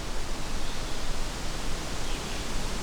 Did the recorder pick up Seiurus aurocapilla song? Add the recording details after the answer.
no. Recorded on 23 June 2016 at 08:54. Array SBT-6-76